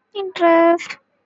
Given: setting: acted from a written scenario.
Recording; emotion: vocal sound without words; interest